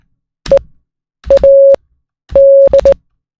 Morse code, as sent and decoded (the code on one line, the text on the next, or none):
. .- -..
EAD